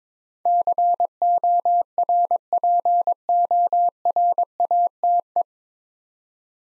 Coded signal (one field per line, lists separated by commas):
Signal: Morse code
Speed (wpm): 22 wpm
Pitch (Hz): 700 Hz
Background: none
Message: CORPORATE